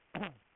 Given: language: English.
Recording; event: throat vibration sensor signal played as sound; throat clearing